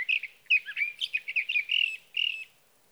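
Sage thrasher song: a quick, unbroken jumble of warbled notes lasting about two seconds, ending after a short pause with one more phrase.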